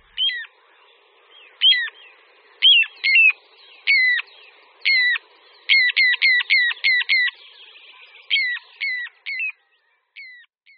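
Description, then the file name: Little ringed plover calling with piercing, downward-sliding whistles, spaced out, then bunched into a rapid string before tailing off. "Kulík-říční"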